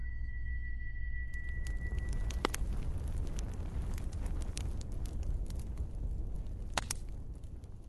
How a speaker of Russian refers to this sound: Тишина, нарушаемая лишь треском поленьев в камине и тихим звоном приборов, была почти уютной.